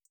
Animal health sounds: hydrophone in a shrimp aquaculture tank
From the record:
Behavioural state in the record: feeding

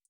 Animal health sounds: hydrophone in a shrimp aquaculture tank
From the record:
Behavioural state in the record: feeding

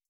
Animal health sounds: hydrophone in a shrimp aquaculture tank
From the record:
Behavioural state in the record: starved

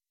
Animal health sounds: hydrophone in a shrimp aquaculture tank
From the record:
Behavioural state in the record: weakened

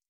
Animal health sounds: hydrophone in a shrimp aquaculture tank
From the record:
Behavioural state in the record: stressed

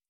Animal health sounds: hydrophone in a shrimp aquaculture tank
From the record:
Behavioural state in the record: starved

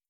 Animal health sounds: hydrophone in a shrimp aquaculture tank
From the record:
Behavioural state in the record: starved

